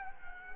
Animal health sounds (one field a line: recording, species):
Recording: mosquito wingbeat signal from an infrared sensor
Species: Culex quinquefasciatus